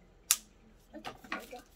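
A plastic part of a toy projector drawing table is pushed into the table frame and snaps into place with one sharp click at 0.3 s, confirming it is seated. Softer rustling sounds follow for the rest of the clip.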